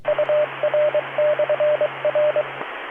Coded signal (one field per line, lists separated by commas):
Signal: Morse code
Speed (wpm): 23 wpm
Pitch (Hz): 600 Hz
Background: radio noise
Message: UR/R